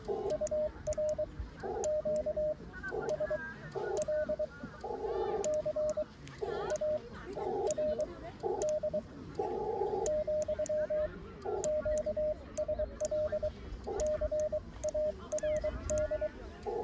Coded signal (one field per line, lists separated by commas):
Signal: Morse code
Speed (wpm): 22 wpm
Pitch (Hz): 610 Hz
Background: radio noise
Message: UR QSL CARD , QSL CARD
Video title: 모스 부호로 일본 OM님께 거짓말을 해보자